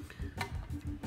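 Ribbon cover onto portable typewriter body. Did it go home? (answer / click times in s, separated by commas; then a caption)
yes / 0.4 s. The plastic ribbon cover of a 1966 Montgomery Ward Signature 300 portable typewriter, a rebranded Brother JP-1, is put back onto the typewriter body and pressed down. Soft handling knocks come before and after, and a sharp click at 0.4 s marks the cover snapping into place, fully seated.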